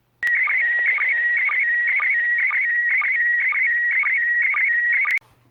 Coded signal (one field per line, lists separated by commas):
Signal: SSTV (slow-scan television)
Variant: PD 120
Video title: 27-31 Décembre 2021. Réception d'images SSTV de l'ISS avec un Baofeng UV-5R et une antenne HB9CV.